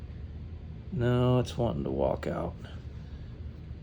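A replacement O-ring seal is being fitted into the groove of a camshaft VVT-i actuator gear, with a steady low hum in the background. Someone talks while the seal is handled. Nothing has seated or clicked yet.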